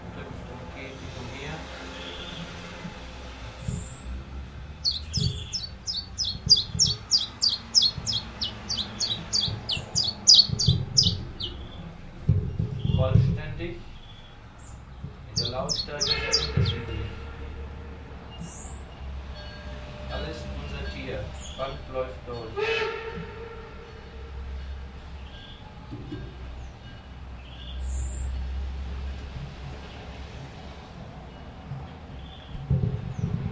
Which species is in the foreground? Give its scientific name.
Phylloscopus collybita